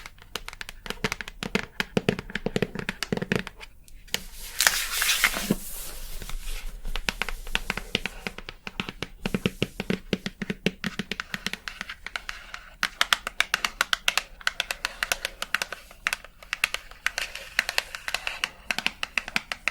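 Quick, irregular tapping runs through nearly the whole clip, sharp crisp clicks packed closely together. Around four seconds it pauses, then a brief rough crinkling rustle fills the next few seconds before the dense tapping resumes and continues to the end.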